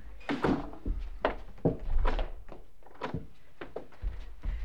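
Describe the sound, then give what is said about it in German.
An anteroom door is pushed shut and locked: a series of sharp wooden thunks and rattling clicks, irregular over a few seconds, with quieter handling noises between and no talking. “Schließ die Tür im Vorzimmer ab, so gewinne ich etwas Zeit.”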